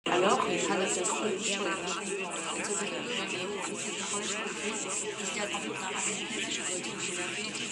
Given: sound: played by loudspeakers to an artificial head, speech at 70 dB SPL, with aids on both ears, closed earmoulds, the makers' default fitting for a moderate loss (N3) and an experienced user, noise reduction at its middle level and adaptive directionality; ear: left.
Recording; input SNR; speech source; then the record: speech test signal (ISTS) in cocktail-party noise; -3 dB; on the right (90 degrees)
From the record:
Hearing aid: class 2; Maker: E